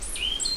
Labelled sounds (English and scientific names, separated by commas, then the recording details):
Stitchbird (Notiomystis cincta) song
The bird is a male
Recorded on Tiritiri Matangi Island, New Zealand, in 2005
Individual 10, of nest box 12